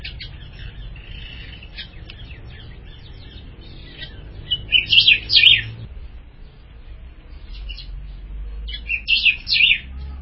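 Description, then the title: Ultramarine grosbeak singing two bright, tumbling warbled phrases several seconds apart, with quieter chirps and a steady low hum between them. "Azulao"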